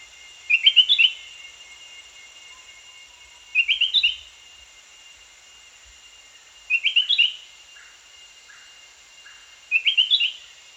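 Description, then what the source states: Spectacled bulbul calls: short bubbly, tinkling phrases of quick high notes, repeated about every three seconds, four phrases in all, over a steady high background hiss. Recorded at Danum on 1 January 2008.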